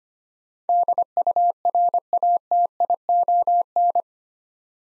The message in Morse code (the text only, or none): DURATION